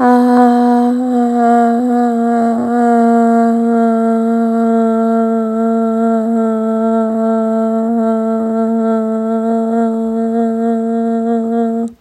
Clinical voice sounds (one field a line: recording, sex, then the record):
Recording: sustained vowel /a/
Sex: female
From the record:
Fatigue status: no fatigue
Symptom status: symptomatic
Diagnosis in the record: COVID-19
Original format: m4a